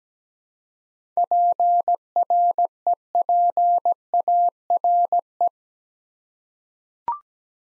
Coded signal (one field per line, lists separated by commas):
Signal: Morse code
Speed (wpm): 17 wpm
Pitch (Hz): 700 Hz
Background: none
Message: PREPARE